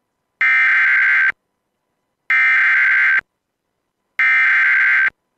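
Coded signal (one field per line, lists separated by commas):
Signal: Emergency Alert System (SAME) tones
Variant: header bursts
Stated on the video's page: Fictional scenario about an Idaho supervolcano eruption, made with valid EAS tones.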